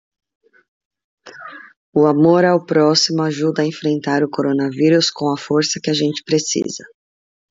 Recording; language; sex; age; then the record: spoken sentence; Brazilian Portuguese; female; 30 to 39 years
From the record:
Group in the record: control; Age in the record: 39 years